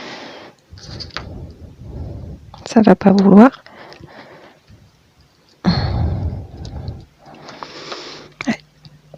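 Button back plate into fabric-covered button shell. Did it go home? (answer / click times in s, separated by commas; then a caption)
no / none. A metal back plate is pressed by hand onto a fabric-covered button shell to make a cover button, while someone talks and a short burst of music plays in the middle. Brief handling taps and knocks are heard as the plate is pushed. The back has not snapped home yet, and nothing has seated or clicked by the end.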